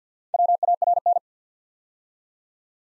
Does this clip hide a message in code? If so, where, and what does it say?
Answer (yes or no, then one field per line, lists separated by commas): yes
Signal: Morse code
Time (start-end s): 0.3-1.2 s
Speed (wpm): 48 wpm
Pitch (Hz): 700 Hz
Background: none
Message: WARN